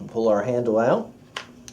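Someone talks while the cocking crank handle of a 2018 TenPoint Stealth NXT crossbow is pulled out to be turned into the cocking mechanism, followed by two short sharp ticks near 1.4 and 1.7 seconds. The crank has not yet clicked into engagement or begun putting tension on the bow, and nothing has seated yet.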